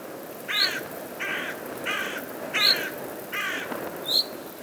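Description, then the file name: Carrion Crow cawing five times, harsh and nasal, at an even pace, with a thin high chirp now and then. "Corvus corone"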